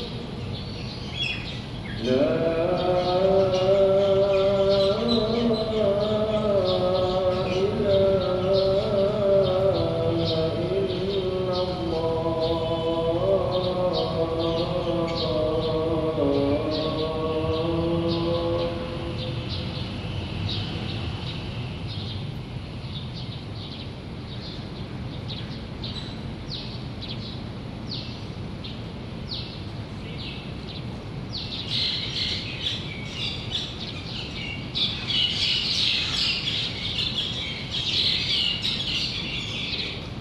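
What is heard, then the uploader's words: A sustained sung call to prayer rises and wavers from about 2 to 19 seconds over steady city rumble, then birds chirp brightly near the end. Urban Soundscapes : Kuala Lumpur (Malaysia) recorded by Yii Kah Hoe. 城市劇院-Panggung Bandaraya街區，在那裡，我們聽到融入在街區聲音風景中的，伊斯蘭教宣禮聲 (Adhan).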